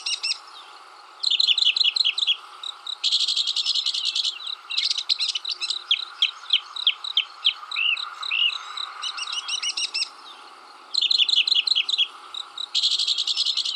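Mockingbird singing a long run of mixed phrases: dry buzzy rattles, rising chips and twittered notes, each type repeated in short series.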